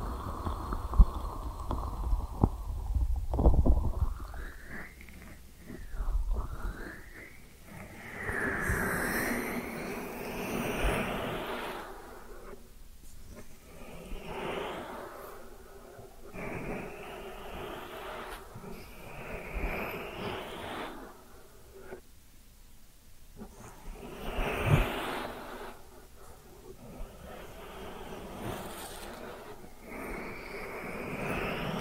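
Ear cleaning sounds, with soft rustling and scraping strokes that rise and fall in pitch, repeating every few seconds in sweeping bursts. Between strokes there are brief quiet gaps, and a low rumbling thud comes near the start and again around twenty-five seconds.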